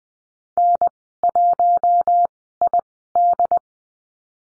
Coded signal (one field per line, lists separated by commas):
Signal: Morse code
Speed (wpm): 20 wpm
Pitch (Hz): 700 Hz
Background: none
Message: N1ID